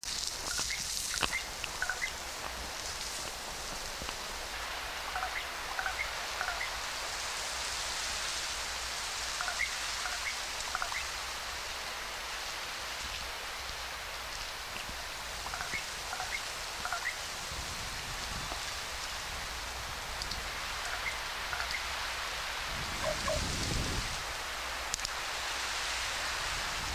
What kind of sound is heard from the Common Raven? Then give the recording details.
call. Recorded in the wild. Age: adult. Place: Yellowknife, Great Slave Lake, North West Territories, CA. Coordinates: 62.45, -114.383. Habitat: coniferous forest. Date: 1991-09-29 13:30. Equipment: Sony WM-D6C, Sony ECM-939 LT (Stereo), Kopie Uher 4400 IC. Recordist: Frommolt, Karl-Heinz